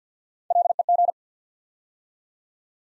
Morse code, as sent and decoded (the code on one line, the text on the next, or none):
.-.. . --.
LEG